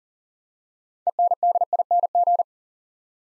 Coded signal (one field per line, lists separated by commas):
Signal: Morse code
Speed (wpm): 42 wpm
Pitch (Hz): 700 Hz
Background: none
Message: ENDING